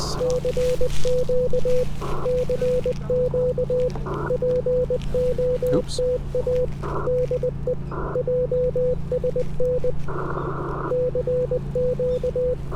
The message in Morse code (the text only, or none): CQ CQ POTA DE JSN CQ